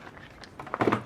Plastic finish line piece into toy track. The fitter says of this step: and that one snaps back in i believe it was this way right i